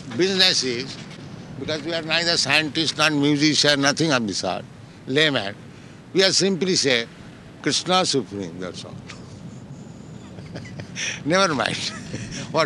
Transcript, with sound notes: business is---because we are neither scientist nor musician, nothing of the sort, layman---we have simply said, "Kṛṣṇa Supreme." That's all. [laughs] Never mind what I